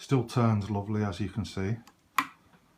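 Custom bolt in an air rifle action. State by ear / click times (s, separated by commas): seated / 2.2 s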